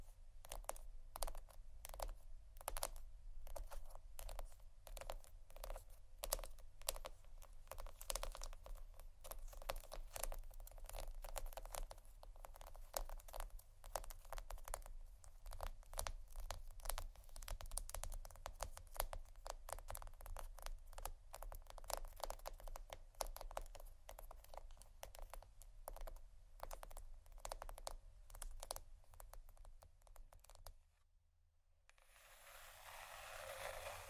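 Rapid soft tapping and scratching on cardboard, a dense run of light, dry clicks that continues almost without pause for about thirty seconds. A steady low hum sits underneath. Near the end the tapping stops, there is a brief silence, then a soft hiss.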